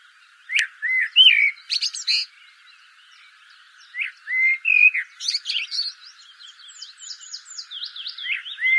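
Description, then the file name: Common blackbird singing fluty, warbling phrases, each followed by squeaky high flourishes, then a run of high twittering notes. "Turdus merula"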